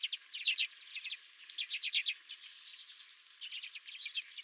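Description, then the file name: Redpolls twittering: bursts of quick high chips and short dry trills, separated by brief pauses. Redpolls at the recordist's own bird feeder. "Redpolls at My Feeder"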